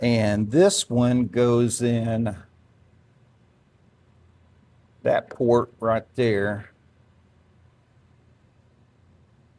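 Someone talks while handling the pedal switch's plastic connector plug for the servo motor control box port on an iKonix KS-0303 walking foot industrial sewing machine, then the sound falls to quiet for the rest of the clip. Nothing has seated or clicked yet.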